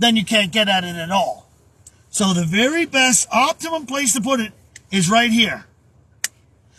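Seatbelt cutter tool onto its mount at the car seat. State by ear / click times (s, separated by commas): seated / 6.2 s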